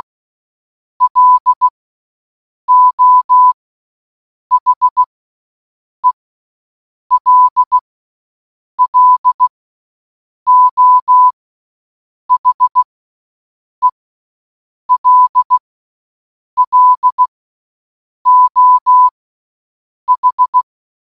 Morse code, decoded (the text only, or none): LO HELLO HELLO H